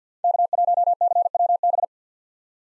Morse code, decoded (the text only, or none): K1CWB